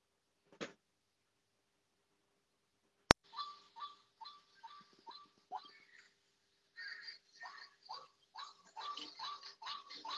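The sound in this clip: White-breasted Waterhen calling, a series of short harsh notes repeated quickly in bursts with pauses between.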